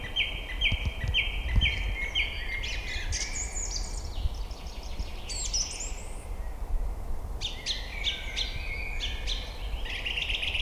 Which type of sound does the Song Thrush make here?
song